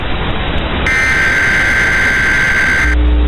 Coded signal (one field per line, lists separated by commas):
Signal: Emergency Alert System (SAME) tones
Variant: header bursts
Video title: CHILD ABDUCTION EAS ALART 7/25/2005 (NICKELODEON) (OUTDATED)